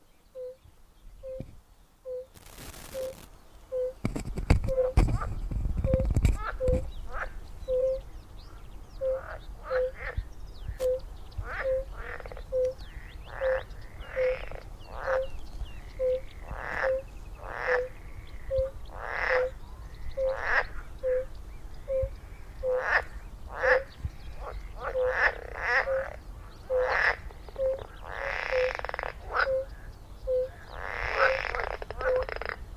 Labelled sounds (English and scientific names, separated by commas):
Fire-Bellied Toad (Bombina bombina) call